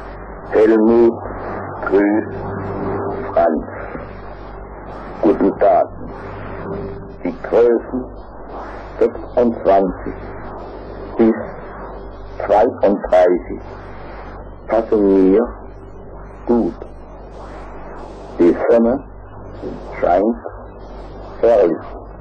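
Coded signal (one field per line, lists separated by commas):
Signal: numbers station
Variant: G01, German voice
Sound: a man's voice reading short words at even intervals over a steady hum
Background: low hum, radio noise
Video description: Betrieben vom franzackischen Geheimdienst. Selber Sprecher wie bei G20 ("Achtung, Spruch geht:")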